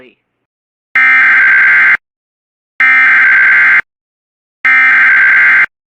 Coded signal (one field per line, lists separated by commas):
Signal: Emergency Alert System (SAME) tones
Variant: header bursts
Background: speech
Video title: (Ultra rare) coastal flood warning in Delaware ￼(EAS 80)